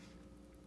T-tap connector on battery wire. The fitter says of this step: and you shouldn't be worried once you made you you hear that click it should be fine